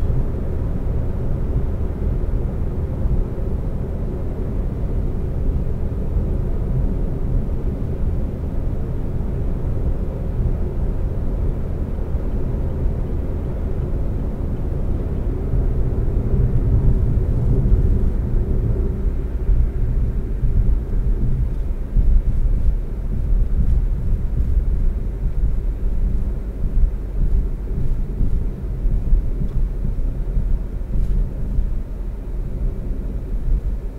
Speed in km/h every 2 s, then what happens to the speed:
121, 121, 121, 121, 121, 121, 119, 116, 103, 89, 79, 76, 72, 68, 63, 61, 58.
0-15 steady at about 121. 15-34 slows to 58.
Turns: none.